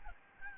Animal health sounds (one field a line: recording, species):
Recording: mosquito wingbeat signal from an infrared sensor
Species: Aedes albopictus